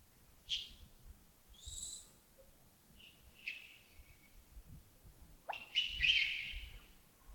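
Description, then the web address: Bird calls: sparse, high chirps and a thin, very high squeak, then a loud, grating, raspy call near the end. Early morning at Yagongding, 28 December 2025, around 07:40. "2025-12-28 亚公顶清晨 251228 074040 birds"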